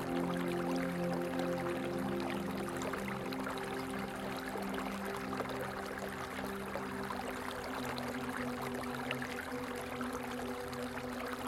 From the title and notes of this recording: Relaxing water stream sounds with cosmic relaxing music. Water stream sounds and cosmic music.